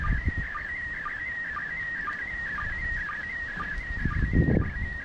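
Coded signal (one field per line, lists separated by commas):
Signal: SSTV (slow-scan television)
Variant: PD 120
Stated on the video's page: SSTV received from an ISS pass with an Icom IC-9700 and a Diamond D-130J discone antenna.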